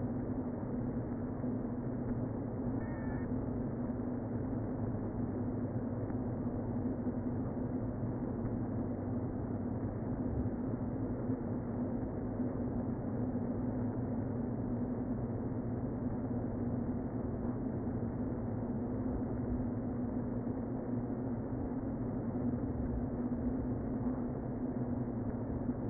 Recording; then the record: honeybee colony, microphone inside the hive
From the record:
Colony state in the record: queen present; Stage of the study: before two queens were removed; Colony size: about 60,000 bees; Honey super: yes